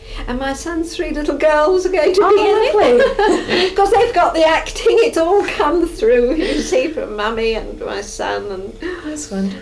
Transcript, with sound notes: And my son's three little girls are going to be in it. [laughs]
Ah lovely.
'Cause they've got the acting. It's all come through. You see. For Mummy and for my son and--
That's wonderful.